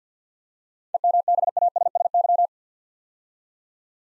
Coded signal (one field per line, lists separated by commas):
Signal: Morse code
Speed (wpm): 48 wpm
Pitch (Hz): 700 Hz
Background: none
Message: EMBASSY